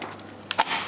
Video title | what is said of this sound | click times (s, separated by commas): PC Garage Showdown: Intel vs AMD Full Movie | a făcut țac și avem placă video în sistem. | 0.5 s